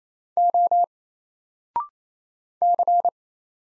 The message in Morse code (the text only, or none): O C